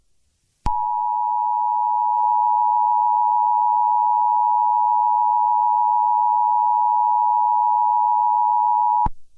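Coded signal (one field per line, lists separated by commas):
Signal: Emergency Alert System (SAME) tones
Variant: 853 and 960 Hz attention tone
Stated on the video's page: Fictional EAS scenario set at a Black Friday electronics store.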